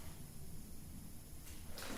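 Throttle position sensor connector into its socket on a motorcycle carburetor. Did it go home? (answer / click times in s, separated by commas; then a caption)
no / none. A plastic throttle position sensor (TPS) connector is pushed onto its socket on a 150cc motorcycle carburetor over a low, steady rumble, with a short broadband scuff of handling at about 1.8 s. The connector has not latched or clicked yet, so the warning light stays on.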